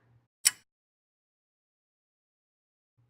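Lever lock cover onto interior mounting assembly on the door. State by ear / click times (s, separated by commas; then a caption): seated / 0.5 s. The decorative rose cover of a Kwikset Vedani interior lever is pressed onto the lock's interior mounting assembly on the door. It gives a single sharp, bright click at 0.5 s. The cover snaps into place and is seated.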